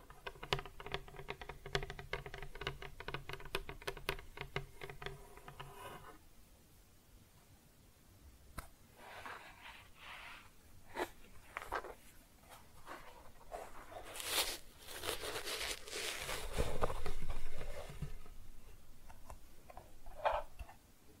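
Kinetic sand being cut and scooped: a dense crackling texture for six seconds, then scattered soft crunches and gritty scrapes, loudest around fifteen to eighteen seconds.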